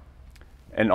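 An emergency stop button on a Boomer E1 C-DH underground drill rig is twisted to reset it and springs back out, released, with faint clicks at 0.4 s and 0.4 s. Someone talks, growing louder near the end.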